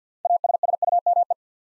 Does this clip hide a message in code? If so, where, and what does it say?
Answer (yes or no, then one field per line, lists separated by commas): yes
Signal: Morse code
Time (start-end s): 0.3-1.3 s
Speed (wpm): 50 wpm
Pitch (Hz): 700 Hz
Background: none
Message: ASSUME